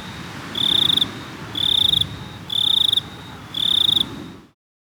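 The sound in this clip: Cricket giving four evenly spaced buzzy trilled chirps, each about half a second long, before the sound cuts off.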